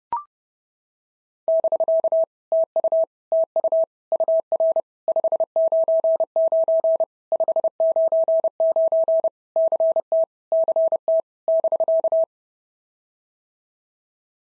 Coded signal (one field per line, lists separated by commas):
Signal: Morse code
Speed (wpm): 31 wpm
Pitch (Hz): 650 Hz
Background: none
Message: <BK> TU TU UR 599 599 CT CT <BK>